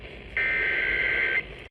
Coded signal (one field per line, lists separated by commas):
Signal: Emergency Alert System (SAME) tones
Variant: header bursts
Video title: EAS Alerts from September 10-11th, 2023 [EAS #1,082-1,095]